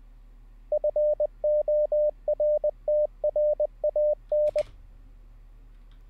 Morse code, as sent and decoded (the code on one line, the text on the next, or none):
..-. --- .-. - .-. .- -.
FORTRAN